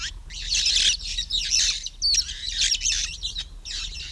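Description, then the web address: Red-fronted parrot giving harsh, shrill screeching calls in a near-continuous run of raspy bursts, with brief pauses around two and three and a half seconds. "parrots poicephalus-gulielmi"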